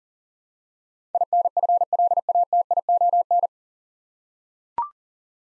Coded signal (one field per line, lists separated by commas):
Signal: Morse code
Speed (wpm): 37 wpm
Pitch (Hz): 700 Hz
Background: none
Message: INFLATION